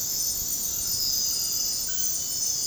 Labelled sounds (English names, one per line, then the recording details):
none
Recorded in dense forest near Puerto Asís, Putumayo, Colombia, on 18 February 2024 at 02:30
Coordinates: 0.486, -76.316
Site G6437